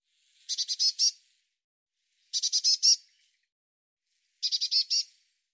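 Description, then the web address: Bird repeating a rapid five-note buzzy chatter three times, roughly every two seconds, each burst high and harsh, with nothing else heard. "cianscape birddata Deverinetal 2025 File cleaned normalized Bird Cy Ca"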